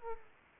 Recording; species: mosquito wingbeat signal from an infrared sensor; Aedes aegypti